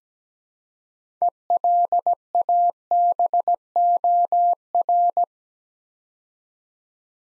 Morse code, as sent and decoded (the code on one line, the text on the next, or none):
. .-.. .- -... --- .-.
ELABOR